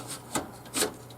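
A hard drive mounted in its plastic bracket is pushed along the drive-bay rail of a Dell Optiplex 7010 MT desktop case, making short rubbing, rasping scrapes with a sharper knock at about 0.4 s and a louder slide around 0.8 s. The bracket has not snapped into place yet, and nothing has seated or clicked.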